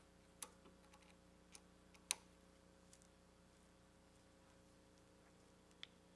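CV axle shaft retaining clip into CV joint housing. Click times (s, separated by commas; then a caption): 2.1 s. A CV axle shaft is pushed into a greased CV joint housing held in a vise, with no tool needed, until the metal retaining clip snaps into place. Several sharp ticking hits sound over a steady low hum, and the loudest, at 2.1 seconds, is the clip seating.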